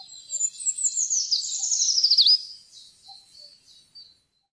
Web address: fuglelyder trekryper